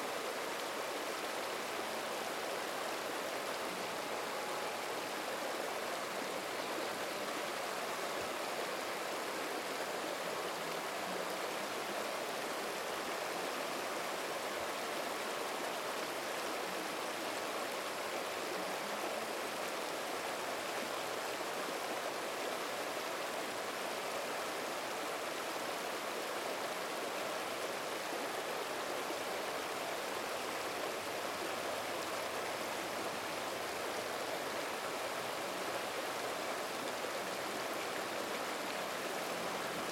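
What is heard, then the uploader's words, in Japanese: A riverside stream burbles steadily for the whole stretch, a dense, even rush of water that sounds fairly bright. Nothing stands out from the flow; the texture holds constant from start to finish without pauses or distinct events. 川沿いの朝。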